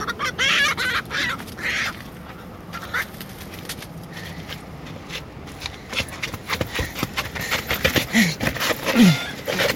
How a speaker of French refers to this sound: La poule?